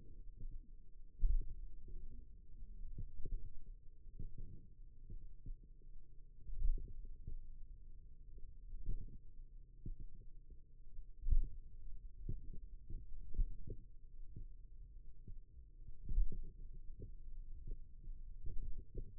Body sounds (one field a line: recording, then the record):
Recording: forearm muscle sounds (acoustic myography)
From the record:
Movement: pen grasping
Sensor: system 2, bracelet of six BSWA MPA416 microphones around the upper forearm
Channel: 3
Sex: male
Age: 22 years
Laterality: right